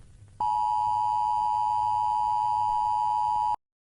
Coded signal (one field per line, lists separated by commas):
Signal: Emergency Alert System (SAME) tones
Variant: 853 and 960 Hz attention tone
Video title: Kirkified || Eas Scenario